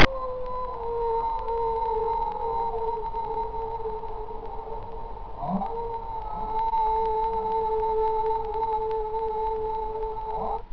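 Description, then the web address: Whale call, a long steady tonal moan holding its pitch with a higher harmonic, briefly wavering near the middle, over faint background hiss. "Oak River Church. Whales"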